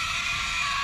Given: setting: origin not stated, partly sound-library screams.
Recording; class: one-second piece from a danger detection set; woman in danger